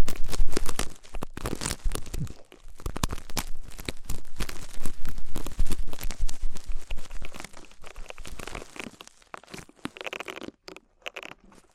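ASMR ear treatment sounds made of dense, rapid crinkling, crunching and tearing, with many quick rustling bursts packed together. The noise comes in uneven waves, loudest in the first second and through the middle. It thins toward the end into sparse, scattered crackles with short silences.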